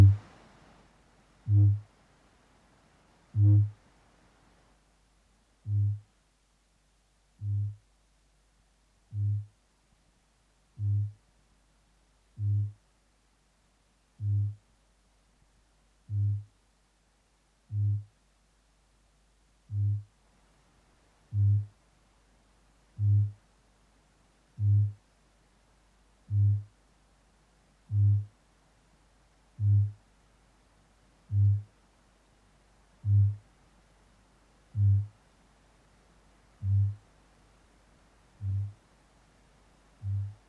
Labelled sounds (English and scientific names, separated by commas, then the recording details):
Kākāpō (Strigops habroptilus)
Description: Kākāpō male 'booms'
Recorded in New Zealand